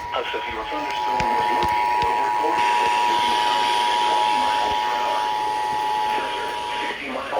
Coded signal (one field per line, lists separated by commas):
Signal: Emergency Alert System (SAME) tones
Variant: 853 and 960 Hz attention tone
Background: speech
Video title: STAR SPANGLED STORMS... EAS Alerts from 7/2/22 (EAS #1,042-1,056)